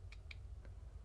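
A loaded SIM/memory card tray is pushed back into the slot of a POCO M8 smartphone. Three short, sharp ticks sound at about 0.1 s, 0.3 s and 0.7 s over a low steady hum, the loudest and crispest at 0.3 s. The tray seats home with that click at 0.3 s.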